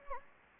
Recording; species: mosquito wingbeat signal from an infrared sensor; Anopheles gambiae